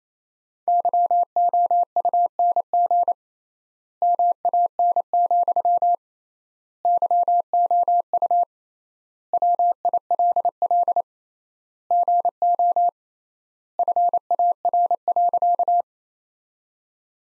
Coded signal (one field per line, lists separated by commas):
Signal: Morse code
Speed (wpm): 28 wpm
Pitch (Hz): 700 Hz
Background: none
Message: YOUNG MAN, YOU WILL GO FAR.